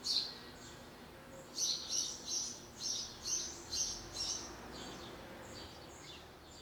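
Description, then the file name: House sparrow chirping: one early note, then a quick run of about seven bright chirps in under three seconds, fading out against faint background noise. "Passer domesticus"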